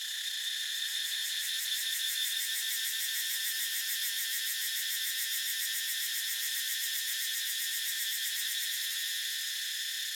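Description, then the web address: Cicadas droning in a dense, steady high-pitched chorus with a fine pulsing shimmer, unbroken throughout. Cicada chorus recorded in a jungle in Thailand in the morning. "justsoundeffects - Crickets and Cicadas JSE Cicada Ambience Morning Jungle Thailand"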